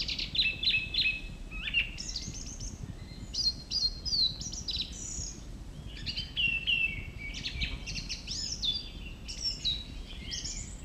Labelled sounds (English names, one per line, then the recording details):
Song Thrush song
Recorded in the wild
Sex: male
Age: adult
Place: Mežakla, Julijske Alpe, Gorenjska, SI
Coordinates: 46.4, 14
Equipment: Uher 4000, Phillips Mikrofon
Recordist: Brunner, Thomas
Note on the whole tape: Frühjahr 1967, oberhalb des Heimes auf Mesakla aufgenommen